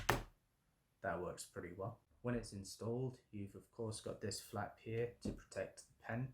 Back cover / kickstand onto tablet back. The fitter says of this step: line it up mostly you can drop it on like that and you can hear it clicking in